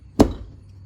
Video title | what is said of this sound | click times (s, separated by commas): Nomadik UNBOXING - May 2021 Subscription - Gear Aid fixed knife, UCO fire starter, much more! | it locks back in place. | 0.2 s